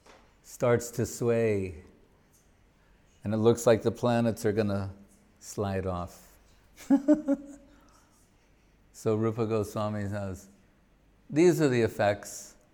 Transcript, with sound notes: he starts to sway. And it looks like the planets are going to slide off. [laughing] Rupa Goswami says, these are the effects